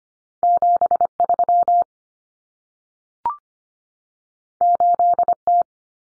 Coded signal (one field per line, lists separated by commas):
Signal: Morse code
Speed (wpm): 25 wpm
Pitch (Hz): 700 Hz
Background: none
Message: 73 8T